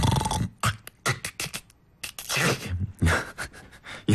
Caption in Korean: 좁아진 기도가 떨리면서 드렁 콕콕. 이런 소리가 반복적으로 나는 현상이 있습니다. 단순한 잠버릇으로 생각하기 쉽지만 심한 경우 수면 무호흡증과 연결되기도 한다고 합니다. 특히 음주나 피로, 비만 때문에 더 심해질 수 있는 이 수면 중 호흡 소리. 3번 코골이.